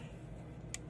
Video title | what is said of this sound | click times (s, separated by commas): #osmopocket4 perfect protection, solid at sulit | Ayun oh. Pag nag-click na ganon, talagang mahigpit 'yan guys. | 0.7 s